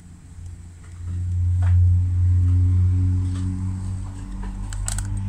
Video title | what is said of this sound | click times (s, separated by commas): รีวิวกล้องฟิล์ม RF Minolta Hi-Matic F by: ก้องฟิล์ม ร้านขายกล้องฟิล์ม | นมันดังคลิกนะฮะแล้วมันลื่นก็ | 4.9 s